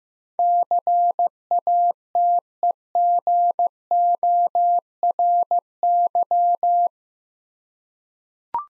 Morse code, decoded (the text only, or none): CATEGORY